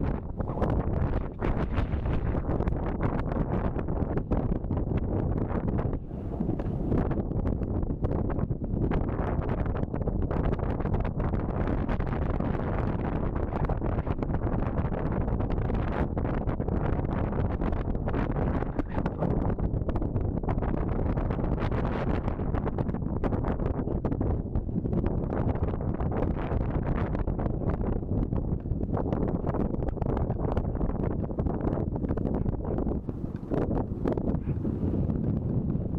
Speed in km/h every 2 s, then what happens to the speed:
20, 20, 20, 20, 20, 19, 19, 17, 17, 16, 15, 14, 12, 10, 10, 9, 9, 8.
0-36 slows to 8.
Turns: none.